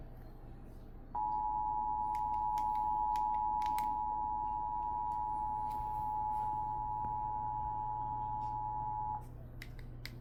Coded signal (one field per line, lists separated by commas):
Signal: Emergency Alert System (SAME) tones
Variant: 853 and 960 Hz attention tone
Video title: Eas svr on npt Eas#780